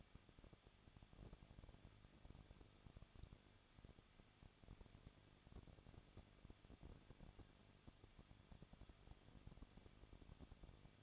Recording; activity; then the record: daily activity, microphone in the room; no activity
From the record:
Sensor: 4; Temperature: 23.1 degrees Celsius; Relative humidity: 33.9%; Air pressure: 1007.2 hPa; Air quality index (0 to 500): 215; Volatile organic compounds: 15 ppm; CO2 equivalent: 2485 ppm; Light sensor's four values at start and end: 2/3/1/1 and 2/3/1/1